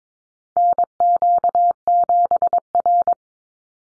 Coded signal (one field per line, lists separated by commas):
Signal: Morse code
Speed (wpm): 22 wpm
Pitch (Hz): 700 Hz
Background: none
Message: NQ7R